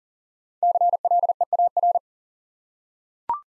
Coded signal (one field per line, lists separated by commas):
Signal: Morse code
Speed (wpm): 42 wpm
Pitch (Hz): 700 Hz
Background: none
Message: CLEAR